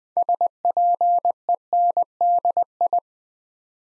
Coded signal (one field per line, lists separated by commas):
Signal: Morse code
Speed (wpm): 20 wpm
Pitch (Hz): 700 Hz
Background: none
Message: SPENDI